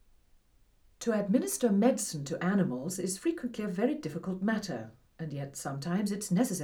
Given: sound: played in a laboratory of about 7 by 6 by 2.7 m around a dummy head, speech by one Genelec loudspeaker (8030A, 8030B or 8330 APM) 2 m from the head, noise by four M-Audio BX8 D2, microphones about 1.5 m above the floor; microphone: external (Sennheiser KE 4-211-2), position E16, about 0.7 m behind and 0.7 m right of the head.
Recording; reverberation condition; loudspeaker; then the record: female speech in English; low; behind (180 degrees)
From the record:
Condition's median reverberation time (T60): about 310 ms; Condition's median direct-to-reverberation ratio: about 3.5 dB